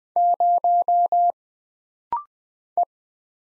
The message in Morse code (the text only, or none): 0 E